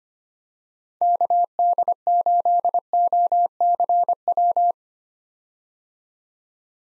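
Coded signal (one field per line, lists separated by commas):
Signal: Morse code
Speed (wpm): 25 wpm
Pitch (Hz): 700 Hz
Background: none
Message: KD8OCW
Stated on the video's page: Morse head-copy drill of common POTA hunter call signs at 25 wpm, each sent, then spoken, then sent again.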